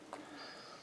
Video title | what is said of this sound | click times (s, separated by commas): Kubota Zero Turn Transmission Fluid Leak. Under $10 Fix! 2010 Kubota ZD221 | stays nice and tight by the old ring you can feel it snap in place | 0.1 s